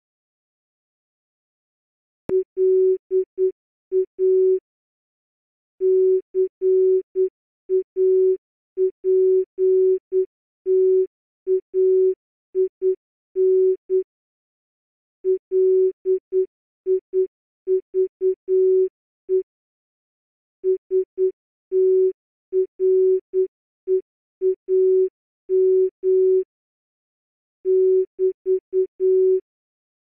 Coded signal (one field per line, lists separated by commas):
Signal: Morse code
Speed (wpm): 9 wpm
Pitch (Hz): 380 Hz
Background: none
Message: LA CAPTAIN LIVE STREAM <BT>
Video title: Morse Code Challenge for Jelly Bean - 50% slower speed